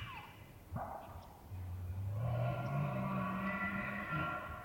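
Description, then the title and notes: Elk roaring: a deep grunting bellow that climbs in pitch, layered with a strained whistled bugle held above it for several seconds. Bull elk roaring closer and far during the rut, morning of September 18, Colockum Wildlife Area; males vocal just before hunting season. "Elk Bull Roars Closer And Far With Challenges, Galloping, And Clashing Antlers. morning of September 18, starting pre-dawn. It was rutting season in the Colockum Wildlife area"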